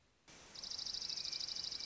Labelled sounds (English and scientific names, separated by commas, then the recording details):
Dark-eyed Junco (Junco hyemalis)
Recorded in Sonoma County, California